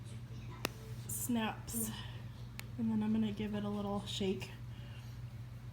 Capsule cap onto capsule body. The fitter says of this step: I'm gonna put it on there until it snaps